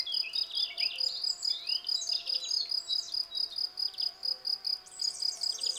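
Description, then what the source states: Field cricket giving rapid repeated high chirps throughout, overlaid by lively twittering and chirping of small birds. Several crickets singing in a garden lawn, Val Maravel, 18 April 2020, for three days; freshly new wings give clear stridulation; Nagra Seven, cardioid MKH40 microphone.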